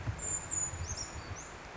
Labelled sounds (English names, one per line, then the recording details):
Brown Creeper
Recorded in Sonoma County, California